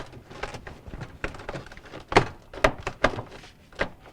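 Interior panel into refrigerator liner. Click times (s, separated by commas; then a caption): 2.2 s, 2.7 s, 3.1 s, 3.8 s. A plastic interior panel in the fresh food section of a Samsung refrigerator, removed for a frost and water drain tray repair, is pushed back onto the refrigerator liner. Its four locking tabs, two at the top and two at the bottom, snap into place with sharp clicks at 2.2, 2.7, 3.1 and 3.8 seconds. The panel is confirmed seated.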